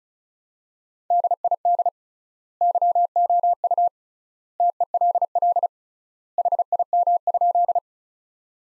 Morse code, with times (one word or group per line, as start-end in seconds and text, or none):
1.1-1.9 DID
2.6-3.9 YOU
4.6-5.7 TELL
6.4-7.8 HIM?